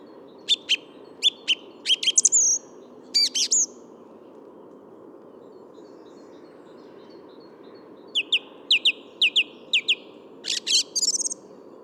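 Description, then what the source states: Song Thrush song with phrases repeated two or three times, a pause of several seconds, then new repeated phrases and a high chattering ending, over a low drone. Another song thrush, in the middle of the Bois de Vincennes wood; Thursday 14 February 2019, 8–10:30 am, sunny, almost spring-like, 3–4 °C; Nagra Seven, Telinga Pro7.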